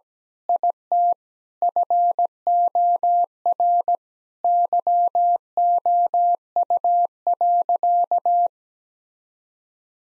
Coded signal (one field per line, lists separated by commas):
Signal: Morse code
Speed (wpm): 17 wpm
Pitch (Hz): 700 Hz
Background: none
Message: IT FOR YOU.